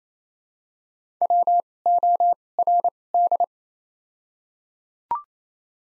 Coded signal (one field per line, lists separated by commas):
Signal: Morse code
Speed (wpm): 27 wpm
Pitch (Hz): 700 Hz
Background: none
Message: W O R D